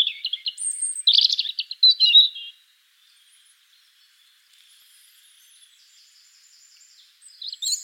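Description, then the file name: European robin song: a quick tumbling phrase of high trills and thin notes, then near silence with faint warbling before another high phrase starts at the end. "Erithacus rubecula"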